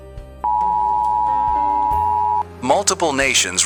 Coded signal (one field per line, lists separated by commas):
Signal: Emergency Alert System (SAME) tones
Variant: 853 and 960 Hz attention tone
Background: speech, music